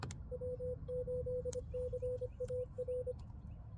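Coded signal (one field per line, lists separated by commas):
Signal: Morse code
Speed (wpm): 25 wpm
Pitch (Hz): 500 Hz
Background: none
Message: W8CAR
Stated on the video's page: Morse CW from a park activation and a lake activation (LLOTA), using a Xiegu X6200 with Putikeeg keys and a dipole on a 14ft mast.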